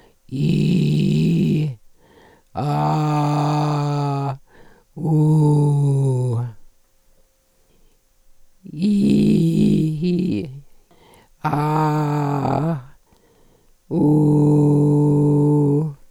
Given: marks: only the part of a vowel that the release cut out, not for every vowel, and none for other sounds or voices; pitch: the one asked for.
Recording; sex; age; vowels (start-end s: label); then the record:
sustained vowels; female; 70 to 79 years
0.45-1.61 s: vowel /i/, low pitch
2.69-3.76 s: vowel /a/, low pitch
5.13-6.25 s: vowel /u/, low pitch
8.89-10.33 s: vowel /i/, low-high-low pitch
11.58-12.69 s: vowel /a/, low-high-low pitch
14.06-15.71 s: vowel /u/, low-high-low pitch
From the record:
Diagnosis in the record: recurrent laryngeal nerve paralysis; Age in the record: 74 years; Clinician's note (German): Re, phonatorische Kompensation